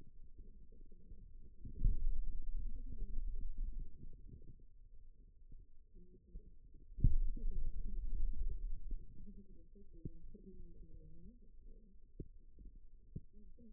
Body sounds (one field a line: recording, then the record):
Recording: forearm muscle sounds (acoustic myography)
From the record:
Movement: finger pinch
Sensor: system 2, bracelet of six BSWA MPA416 microphones around the upper forearm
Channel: 1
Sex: male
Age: 22 years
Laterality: right